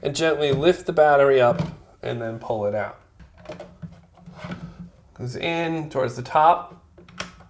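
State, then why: Seated. Someone talks while a battery pack is lifted out of a Panasonic CX-350 camcorder's battery mount and then slid back in toward the top, with soft handling sounds after the talk pauses. Its plastic clips engage with a sharp click at 7.2 s, seating it in place with no wiggling or force needed, since forcing it would break the little plastic clips.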